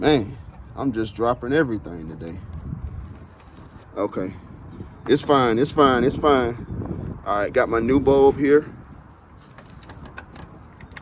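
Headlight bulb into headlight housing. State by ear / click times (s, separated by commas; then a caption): not seated / none. Someone talks while picking up a new headlight bulb for a 2020–2023 Nissan Sentra and lining it up with the headlight housing. Only handling noises are heard, with small sharp taps and clicks near the end around 9.7 to 11.0 seconds. The bulb has not been put into the housing yet, so nothing has seated or clicked.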